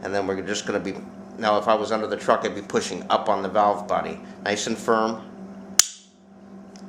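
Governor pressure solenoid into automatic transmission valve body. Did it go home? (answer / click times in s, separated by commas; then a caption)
yes / 5.8 s. Someone talks while a Borg Warner governor pressure solenoid, with its heat shield pressed on and the bolt holes nearly lined up, is pushed up firmly into the channel of a 42RE/44RE/46RE/47RE/48RE automatic transmission valve body. A single sharp click sounds at 5.8 s as the solenoid seats where it needs to go.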